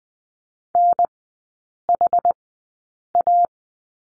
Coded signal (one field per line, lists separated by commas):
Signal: Morse code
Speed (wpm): 20 wpm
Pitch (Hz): 700 Hz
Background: none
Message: NHA